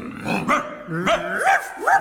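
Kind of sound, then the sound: animal, dog barking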